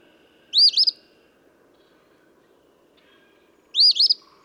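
Eastern phoebe with two harsh, stammering song phrases separated by about three seconds of near silence.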